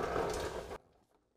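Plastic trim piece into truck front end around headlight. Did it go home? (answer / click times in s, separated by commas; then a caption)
no / none. The plastic grille and headlight trim piece is being handled into place around a Morimoto XB Black DRL LED headlight on the front end of a 2018 Ford F-150, ready for its side to be snapped in and wrapped around the edge. A dense, broadband rubbing and scraping rustle runs for about 0.8 seconds, then drops off to near silence. Nothing has seated or clicked yet.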